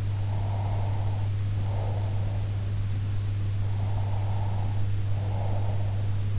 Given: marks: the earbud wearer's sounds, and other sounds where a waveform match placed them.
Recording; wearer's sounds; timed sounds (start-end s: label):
sounds in sleep by an in-ear microphone; breath
0.22-2.73 s: breath
3.62-6.08 s: breath